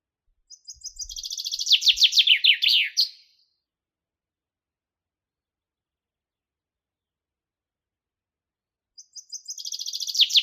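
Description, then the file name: Common chaffinch song: a bright run of descending notes ending in a flourish, then silence before the next song begins near the end. "Fringilla coelebs"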